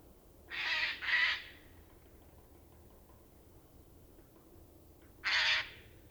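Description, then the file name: Eurasian jay giving a doubled rasping screech, then a long quiet gap before one more harsh burst. "Garrulus glandarius"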